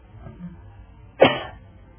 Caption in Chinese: 这老毛病了，上课的人都有这毛病，干咳，不是生咳，就是干咳。